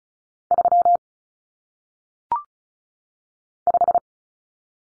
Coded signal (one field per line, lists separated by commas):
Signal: Morse code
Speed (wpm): 36 wpm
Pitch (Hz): 700 Hz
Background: none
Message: 3 5